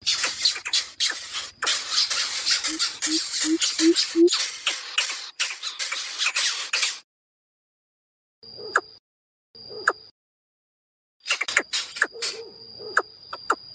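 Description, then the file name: Greater coucal calls: continuous harsh, hissing rasps with five soft low hoots underneath, followed by scattered clicks and a thin high tone. Chick calling its mother. "Tieng bim bip non keu goi me"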